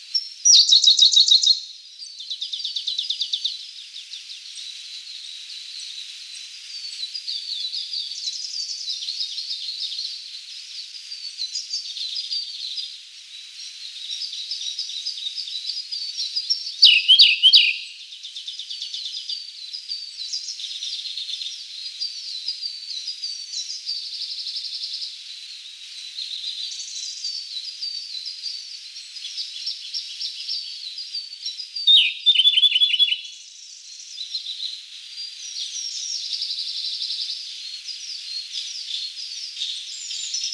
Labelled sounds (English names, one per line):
Siberian Blue Robin song